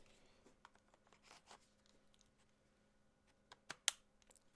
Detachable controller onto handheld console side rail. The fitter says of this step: satisfying click and then